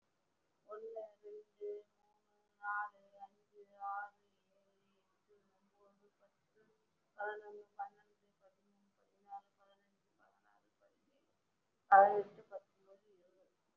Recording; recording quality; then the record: counting at a normal pace; moderate, slight background noise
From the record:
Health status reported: respiratory illness, not identified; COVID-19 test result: not tested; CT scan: not taken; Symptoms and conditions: breathing difficulty, fatigue, asthma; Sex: female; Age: 39 years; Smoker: no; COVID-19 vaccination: none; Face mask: worn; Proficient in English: no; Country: India